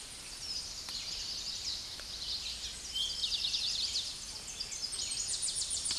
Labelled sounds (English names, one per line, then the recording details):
Eastern Towhee song
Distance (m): 25 m
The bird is about 10 m above the microphone
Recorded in a Pennsylvania forest on 16 May 2024 at 08:24
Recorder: AudioMoth, point MSD-2143
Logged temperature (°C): 16.0 °C
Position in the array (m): 70 m, 171 m